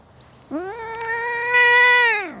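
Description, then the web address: Cat yowl, a single sustained wail holding a steady pitch, swelling louder toward the end before sliding down and fading. Cats in a suburban garden. "Cats In A Suburban Garden. The BBC Sound Effects Library"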